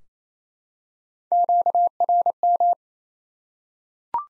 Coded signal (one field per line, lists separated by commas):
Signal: Morse code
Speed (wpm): 28 wpm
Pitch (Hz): 700 Hz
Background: none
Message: QRM